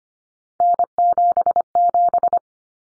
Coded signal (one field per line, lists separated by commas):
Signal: Morse code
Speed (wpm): 25 wpm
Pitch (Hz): 700 Hz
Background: none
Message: N77